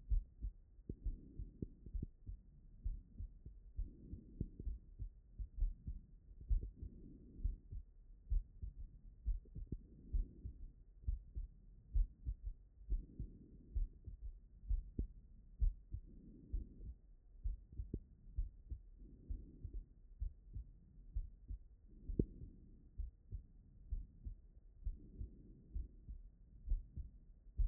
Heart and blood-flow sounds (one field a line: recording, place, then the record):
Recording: heart sounds by stethoscope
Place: tricuspid valve (TV)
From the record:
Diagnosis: non-HFrEF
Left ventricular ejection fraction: 58%